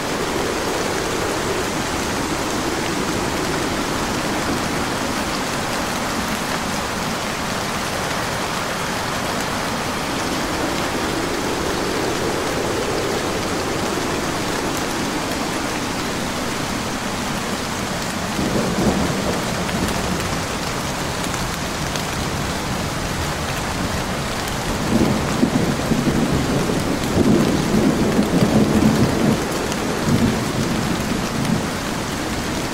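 Heavy rain pours steadily throughout, a dense, even hiss with low rumbling swells of thunder rolling underneath in slow waves. Around 19 seconds and again from about 25 to 31 seconds, louder bursts of rain and rumble push forward before settling.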